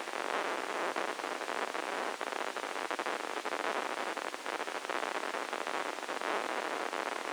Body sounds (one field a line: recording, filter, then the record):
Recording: brain microelectrode recording played as sound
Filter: spike band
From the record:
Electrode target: subthalamic nucleus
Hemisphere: left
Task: reaching with the right hand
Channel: 1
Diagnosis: Parkinson's disease